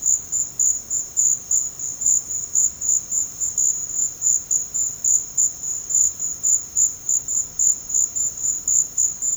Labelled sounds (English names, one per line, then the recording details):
none
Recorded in secondary vegetation near Puerto Asís, Putumayo, Colombia, on 13 March 2025 at 13:00
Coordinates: 0.484, -76.319
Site G010